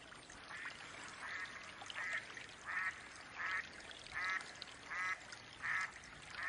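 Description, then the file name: Mallard quacking, a nasal quack roughly every 0.7 seconds, steady and evenly spaced, over faint background hiss. Female mallard (hen) quacking. "Mallard duck quacking call sounds Female Hen"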